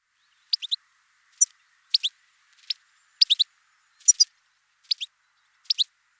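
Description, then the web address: European goldfinch calls: brief high twittering clusters of one to three notes, repeated in quick succession. "coll efromentin la rochelle. Chardonneret elegant"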